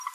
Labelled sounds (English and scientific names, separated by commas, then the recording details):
Green-rumped Parrotlet (Forpus passerinus) babbling
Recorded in a nest box in Venezuela
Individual 18B25A4